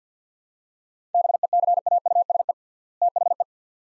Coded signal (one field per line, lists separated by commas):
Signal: Morse code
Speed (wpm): 48 wpm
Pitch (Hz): 700 Hz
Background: none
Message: BECAUSE THE